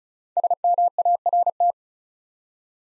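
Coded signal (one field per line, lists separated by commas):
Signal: Morse code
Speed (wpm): 36 wpm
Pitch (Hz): 700 Hz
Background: none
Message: SMART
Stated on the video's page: Five-letter word head-copy drill at 35 wpm; each word sent in Morse, spoken, then sent again.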